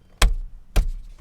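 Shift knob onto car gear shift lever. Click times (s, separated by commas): 0.2 s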